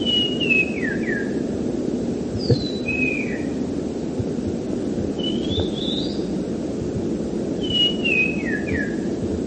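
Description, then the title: Bird song: a falling whistled phrase at the start and again near the end, with other short falling and rising whistles between, over steady low background noise. "burung online"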